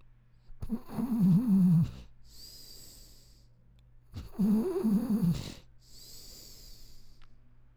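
Two loud, low, rattling inspiratory snores about four seconds apart, each lasting roughly 1.5 seconds and followed by a quieter hissing exhalation, in an adult sleeper. Ordinary snoring from vibration of the upper airway during sleep.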